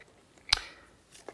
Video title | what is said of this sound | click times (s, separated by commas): Shoei RF 1400 clean Sena SMH 10 R installation | And then you press it into the front until it makes a little click, like so. | 0.5 s